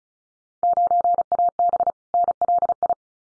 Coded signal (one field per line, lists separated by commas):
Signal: Morse code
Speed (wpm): 34 wpm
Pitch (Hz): 700 Hz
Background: none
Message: 9AB NLI